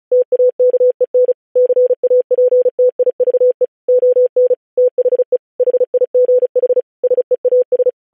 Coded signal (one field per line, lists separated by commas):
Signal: Morse code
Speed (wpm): 36 wpm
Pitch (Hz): 500 Hz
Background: none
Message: TAKEN CAPTIVE ON THE HIGH SEAS